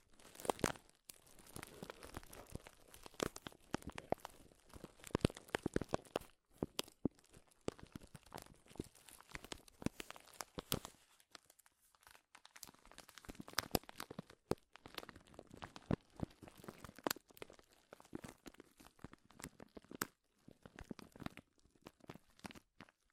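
Loud crinkling of plastic or paper, made of dense bursts of sharp crackles that stop and start irregularly across the clip. The crackles are bright and cover everything from low to high, with short quiet gaps, the longest near ten seconds.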